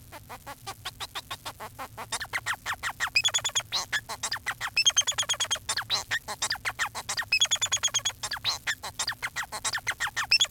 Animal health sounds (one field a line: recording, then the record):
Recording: song of a male Bengalese finch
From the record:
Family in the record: son of father 4